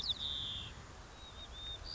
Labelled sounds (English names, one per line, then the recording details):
White-crowned Sparrow
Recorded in Sonoma County, California